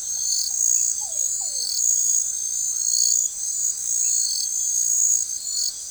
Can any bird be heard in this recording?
no